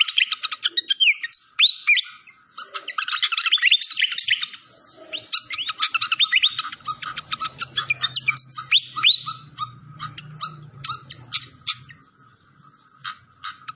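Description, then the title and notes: Malaysian pied fantail song, dense twittering bursts with quick upslurred whistles, broken into short chirpy phrases and ending in sparse clipped notes. Clear-voiced song on a masteran (training recording). "Masteran Sikatan Kipas Suara Jernih Dan Suara Gemericik Air. Suara Burung Sikatan Londo"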